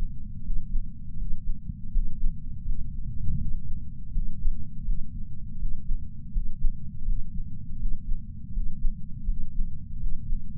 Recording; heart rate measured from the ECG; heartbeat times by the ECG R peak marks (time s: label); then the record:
heart sounds by patch sensor on the chest; 82 bpm
0.42 s: heartbeat
1.16 s: heartbeat
1.90 s: heartbeat
2.64 s: heartbeat
3.37 s: heartbeat
4.11 s: heartbeat
4.84 s: heartbeat
5.58 s: heartbeat
6.31 s: heartbeat
7.05 s: heartbeat
7.78 s: heartbeat
8.52 s: heartbeat
9.25 s: heartbeat
9.99 s: heartbeat
From the record:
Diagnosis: coronary artery disease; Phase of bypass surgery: postoperative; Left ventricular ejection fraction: 59.1%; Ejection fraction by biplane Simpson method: 55%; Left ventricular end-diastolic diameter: 46 mm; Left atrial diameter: 34 mm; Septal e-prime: 8 cm/s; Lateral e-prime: 6.5 cm/s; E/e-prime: 8.7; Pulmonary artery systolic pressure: 22 mmHg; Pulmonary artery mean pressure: 11 mmHg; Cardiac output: 4.38 L/min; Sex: male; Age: 58 years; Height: 160 cm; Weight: 70 kg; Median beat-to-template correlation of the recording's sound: 0.85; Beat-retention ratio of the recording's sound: 0.99